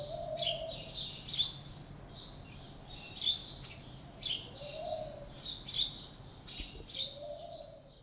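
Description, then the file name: House sparrow giving scratchy chirps in short bursts, while a mellow low hooting sound comes and goes underneath. "Passer domesticus"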